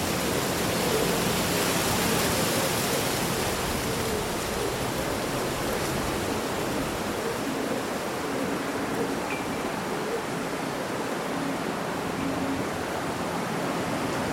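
Leaves rustle in a steady, dense wash of hiss that holds an even level for the whole stretch, a little brighter in the first few seconds and slightly duller afterward. A single faint chirp shows briefly around nine seconds.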